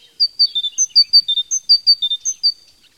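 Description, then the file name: Tit song: clear, pure whistled notes at three pitches, high, middle and low, repeated in a quick, steady pattern for about two and a half seconds. "Sonotheque Mesange Radio France"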